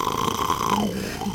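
A brief, rough, fluttering rattle of about a second, voiced by an adult as an imitation of snoring. It depicts soft-palate snoring: lying on the back, the soft palate falls against the back of the throat and flutters like a valve as air moves up and down, back and forth.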